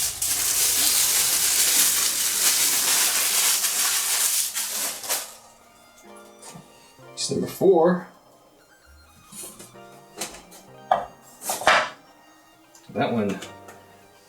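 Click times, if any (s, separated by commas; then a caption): 10.9 s. A resin statue piece, number four, is fitted onto a statue base where a magnet holds it. The previous piece used a peg instead. Someone talks over a loud rustling and hissing noise at the start. At 10.9 s there is a sharp magnetic snap as the piece seats in place.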